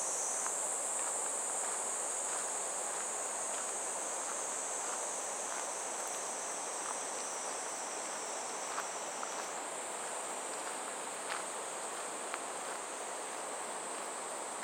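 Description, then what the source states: Cicada buzzing continues as a high steady drone over a broad rushing water sound, with occasional soft footsteps. Cicadas heard on a morning walk along a riverbank path in clear, fresh air, heading toward a weir; their song gradually gives way to water falling over it.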